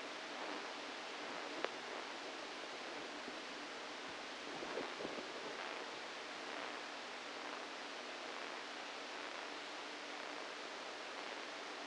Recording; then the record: brain microelectrode recording played as sound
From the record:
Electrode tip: inside the subthalamic nucleus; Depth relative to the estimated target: -3 mm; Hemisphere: right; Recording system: NeuroSet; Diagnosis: Parkinson's disease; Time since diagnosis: 7 years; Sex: female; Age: 68 years